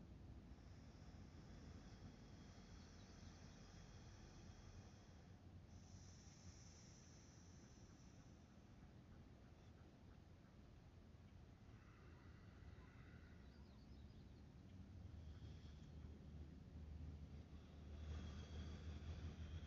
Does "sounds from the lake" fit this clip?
yes